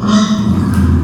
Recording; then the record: squeal of a Yucatan mini pig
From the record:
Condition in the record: after surgery on the right vocal fold (resection and tissue-engineered implant); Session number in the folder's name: 12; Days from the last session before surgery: 105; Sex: female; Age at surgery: 19 weeks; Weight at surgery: 25 kg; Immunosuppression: prednisolone